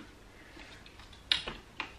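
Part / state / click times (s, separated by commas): seat unit quick-release clips on pushchair frame / released / 1.3 s, 1.8 s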